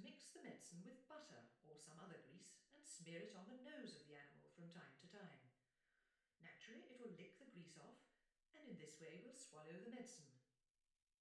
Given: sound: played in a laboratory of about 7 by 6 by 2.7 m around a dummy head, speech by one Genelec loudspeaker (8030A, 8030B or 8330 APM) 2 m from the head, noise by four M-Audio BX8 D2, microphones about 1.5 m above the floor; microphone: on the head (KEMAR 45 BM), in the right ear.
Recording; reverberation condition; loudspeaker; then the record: female speech in English; medium; 30 degrees to the left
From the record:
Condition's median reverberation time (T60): about 510 ms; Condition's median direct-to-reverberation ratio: about -0.5 dB